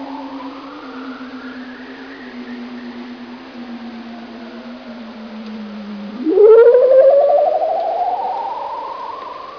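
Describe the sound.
Bearded seal call: a long, low tone gliding slowly downward for about six seconds, then sweeping sharply upward into a louder rising note.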